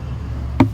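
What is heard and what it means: While reassembling the glovebox after changing the cabin air filter on a 2005-2015 Toyota Tacoma, a plastic glovebox retaining part is pushed into the dash. A single sharp click at 0.6 s stands out over a steady low hum. The part is seated and confirmed in place.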